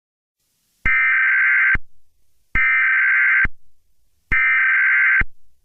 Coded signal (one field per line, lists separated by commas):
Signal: Emergency Alert System (SAME) tones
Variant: header bursts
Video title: EAS Scenario #41: All Falls Down